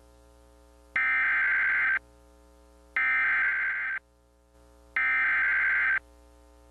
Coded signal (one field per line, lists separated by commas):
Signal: Emergency Alert System (SAME) tones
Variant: header bursts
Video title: [MIRROR] 7/23/2010 EAS Severe Thunderstorm Warning Clearfield,PA (EAS #1)